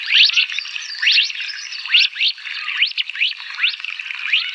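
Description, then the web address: Mandarin duck whistles: a rapid series of thin, sharply rising whistled notes, with no other clear sounds. Male. "Schulze Peter Mandarin Duck"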